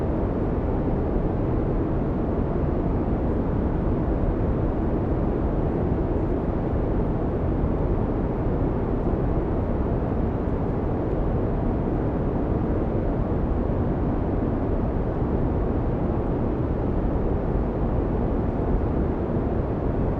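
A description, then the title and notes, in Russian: Airplane cabin ambience: a steady, dense low roar that holds constant throughout, with no distinct events, voices or changes in level. Атмосфера салона самолёта.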